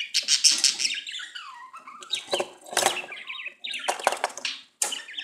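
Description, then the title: Budgerigar chatter: continuous scratchy warbles with a falling whistled note, rasping bursts and chirps, one brief pause near the end. "Budgie Sounds"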